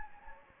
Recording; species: mosquito wingbeat signal from an infrared sensor; Anopheles gambiae